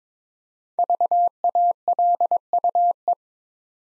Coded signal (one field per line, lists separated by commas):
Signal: Morse code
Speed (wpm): 23 wpm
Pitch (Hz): 700 Hz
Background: none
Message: VALUE